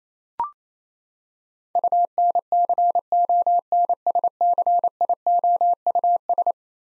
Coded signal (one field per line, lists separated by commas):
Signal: Morse code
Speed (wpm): 27 wpm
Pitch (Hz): 700 Hz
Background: none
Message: UNCONSCIOUS